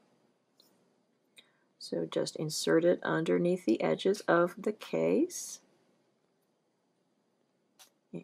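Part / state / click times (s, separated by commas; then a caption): plastic rim going into a smartwatch bumper case / seated / 8.2 s. A colored plastic rim is pushed under the edges of a RhinoShield CrashGuard NX protective bumper case on an Apple Watch smartwatch, with a few faint ticks early on while someone talks. After the talking stops, the rim clicks into place at 8.2 s, seated.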